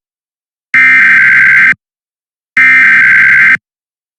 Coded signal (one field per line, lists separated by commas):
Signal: Emergency Alert System (SAME) tones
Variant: header bursts